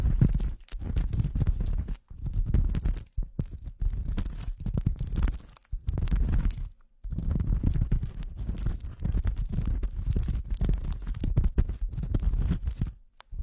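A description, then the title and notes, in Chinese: Ear cleaning with dense scratchy rustling and muffled low rubbing, coming in bursts with brief silent gaps near two, five and seven seconds. 掏耳朵。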